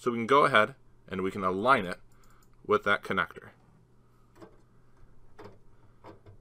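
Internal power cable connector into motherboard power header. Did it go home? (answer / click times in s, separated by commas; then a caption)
no / none. An internal power cable connector is lined up with the motherboard power header, with its clip on the outside of the connector, before being pressed down. Someone talks, followed by quiet handling sounds and a few soft ticks around 4.4, 5.4 and 6.1 seconds. Nothing has seated or clicked yet.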